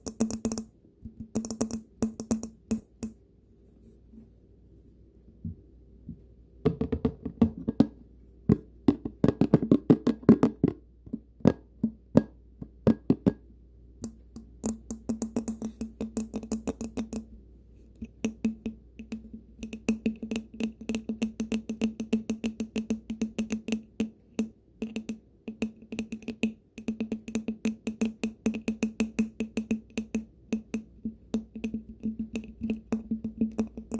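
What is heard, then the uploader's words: Fingernails tap and scratch on objects in quick, irregular bursts of sharp clicks, with a steady low hum underneath. After a brief quiet stretch near the start, tapping turns dense and rattling around seven to thirteen seconds, then continues as busy, uneven clicking to the end. Nails Tapping & Scratching on Things.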